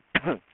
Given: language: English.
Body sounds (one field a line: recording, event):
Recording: throat vibration sensor signal played as sound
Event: cough